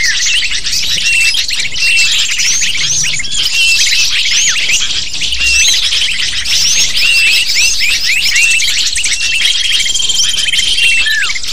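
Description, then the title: Many lovebirds chattering, a steady stream of piercing chirps and squawky notes, a level whistled tone appearing toward the end. Calls used as a lure (pikat) to attract lovebirds. "PIKAT BURUNG LOVEBIRD"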